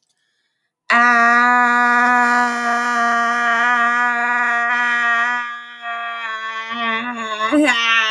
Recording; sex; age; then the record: vowel held as long as possible; female; 30 to 39 years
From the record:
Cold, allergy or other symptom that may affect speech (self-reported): no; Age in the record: 31 years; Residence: Texas, United States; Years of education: 16